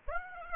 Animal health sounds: mosquito wingbeat signal from an infrared sensor; Aedes aegypti

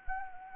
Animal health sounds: mosquito wingbeat signal from an infrared sensor; Anopheles arabiensis

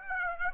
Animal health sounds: mosquito wingbeat signal from an infrared sensor; Aedes aegypti

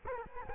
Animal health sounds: mosquito wingbeat signal from an infrared sensor; Culex quinquefasciatus

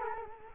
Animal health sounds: mosquito wingbeat signal from an infrared sensor; Culex quinquefasciatus

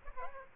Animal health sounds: mosquito wingbeat signal from an infrared sensor; Aedes aegypti

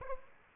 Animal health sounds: mosquito wingbeat signal from an infrared sensor; Aedes aegypti

